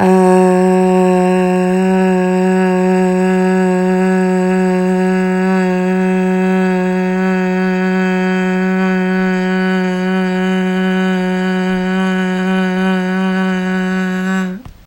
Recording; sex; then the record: sustained vowel /a/; female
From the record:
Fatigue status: fatigue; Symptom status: symptomatic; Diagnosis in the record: COVID-19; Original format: m4a